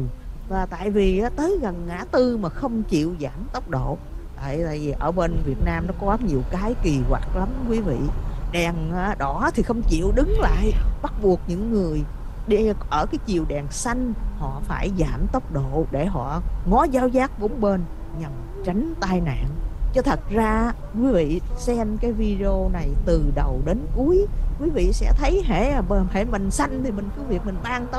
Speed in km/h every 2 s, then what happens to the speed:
24, 31, 37, 39, 39, 40, 44, 47, 48, 48, 48, 48, 48, 52.
0-4 speeds up to 37. 4-9 steady at about 39. 9-15 speeds up to 48. 15-28 steady at about 48.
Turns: none.